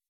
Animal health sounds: hydrophone in a shrimp aquaculture tank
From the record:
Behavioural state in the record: weakened

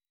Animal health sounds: hydrophone in a shrimp aquaculture tank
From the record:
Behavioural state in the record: weakened

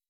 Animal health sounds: hydrophone in a shrimp aquaculture tank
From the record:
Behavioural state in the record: weakened

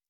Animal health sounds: hydrophone in a shrimp aquaculture tank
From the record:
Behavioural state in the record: normal

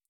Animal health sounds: hydrophone in a shrimp aquaculture tank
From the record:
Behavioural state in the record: stressed

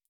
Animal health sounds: hydrophone in a shrimp aquaculture tank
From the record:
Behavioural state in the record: starved

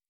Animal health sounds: hydrophone in a shrimp aquaculture tank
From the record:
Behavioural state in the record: normal

